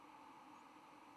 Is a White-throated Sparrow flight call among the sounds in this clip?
no